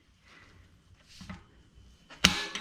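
A threaded bicycle freehub driver is unscrewed by hand from the hub, with soft scraping and rubbing of metal threads. A sharp, loud click at 2.2 s marks it riding up and over the end of the metal threads, and a smaller tap follows at 2.5 s. No one talks.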